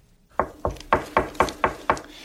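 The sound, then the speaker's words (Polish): Someone raps on a door seven times in quick, even succession, each knock sharp and solid, with no voices present. “Kto tam puka?”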